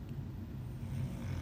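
Low, steady rumbling with a rough, purr-like texture: a dog snoring in the background.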